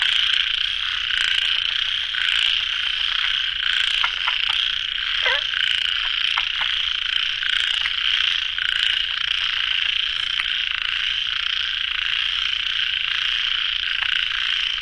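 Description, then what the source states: Frogs calling in a thick unbroken chorus, a buzzing trill on two pitches, with occasional sharp clicks and one brief lower sliding note. Frogs calling at a pond late at night; recorded in the field by the recordist.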